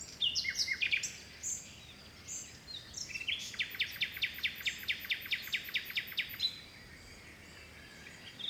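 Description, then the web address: Bird song: an opening of varied high whistled phrases, followed by a long rapid trill of repeated high notes. Forest birds in the early morning in spring, in a Mediterranean forest by the sea in Greece. "Seaside Nature And Waves Nature Forest Birds Wind Early Morning Spring Distant Sea Mediterranean Grece"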